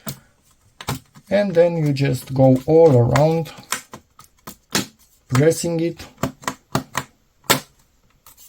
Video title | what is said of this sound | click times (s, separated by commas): PHIXERO P7000PRO M.2 NVME SSD - unboxing, install in a HP ZBook 14 G8 and quick test | It locks in place. | 6.2 s, 6.5 s, 6.8 s, 7.0 s